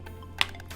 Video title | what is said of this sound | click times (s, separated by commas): Last First Impression of 2020 | and that one is a little harder you can hear the click | 0.4 s